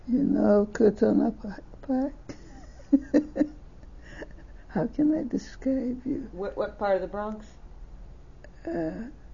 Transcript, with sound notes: You know Katonah Park? ( she laughs ) How can I describe it to you?
What part of the Bronx?
Uh,